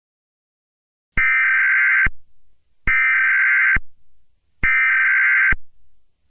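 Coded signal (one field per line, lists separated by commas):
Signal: Emergency Alert System (SAME) tones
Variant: header bursts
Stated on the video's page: Fictional EAS scenario.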